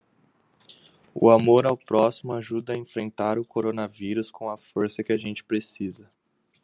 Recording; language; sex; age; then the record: spoken sentence; Brazilian Portuguese; male; 18 to 19 years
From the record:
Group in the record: control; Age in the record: 18 years